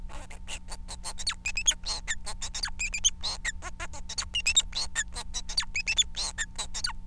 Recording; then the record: song of a male Bengalese finch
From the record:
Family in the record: son of father 4